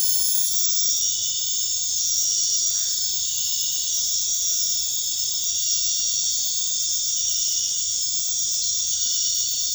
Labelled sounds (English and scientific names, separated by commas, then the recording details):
none
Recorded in dense forest near Puerto Asís, Putumayo, Colombia, on 8 March 2025 at 23:30
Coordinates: 0.484, -76.317
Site G064